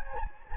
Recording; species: mosquito wingbeat signal from an infrared sensor; Anopheles gambiae